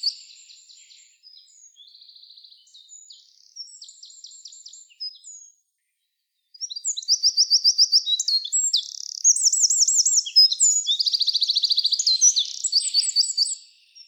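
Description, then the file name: Eurasian wren song: long, loud high-pitched outbursts of rapid trills and sharp notes, a quieter phrase first, a brief pause, then a vigorous trilling stretch. "Troglodytes troglodytes"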